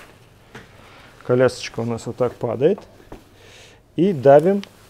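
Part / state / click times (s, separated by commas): stroller frame fold latch / not seated / none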